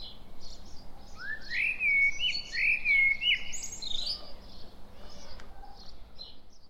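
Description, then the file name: Common blackbird song: one rich fluting phrase of several rising and falling notes, closing with a high, strained twittering end. "Turdus merula"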